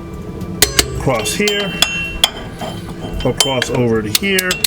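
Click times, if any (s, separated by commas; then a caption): 0.6 s. A torque wrench is used on a second pass over the lug nuts of a car's rear wheel hub, confirming each one is seated, and it gives a sharp click at 0.6 s. More metallic clicks follow as someone talks and moves to the next nut in a cross pattern.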